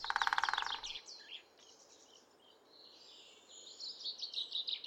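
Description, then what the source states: Great spotted woodpecker drumming: one rapid, even burst of wooden strikes lasting about a second, then assorted songbirds chirping and warbling in the background. Non-vocal drumming; the species is a fairly recent addition to the Irish soundscape.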